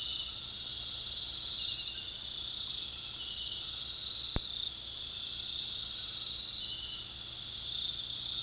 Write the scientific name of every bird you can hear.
none